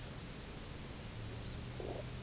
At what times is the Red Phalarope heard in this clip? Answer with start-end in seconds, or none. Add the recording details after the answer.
1.31-1.63. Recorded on Arctic tundra, site UTQI-0, on 11 June 2019. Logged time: 06:00